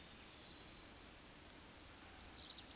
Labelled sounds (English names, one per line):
Eurasian Woodcock whistle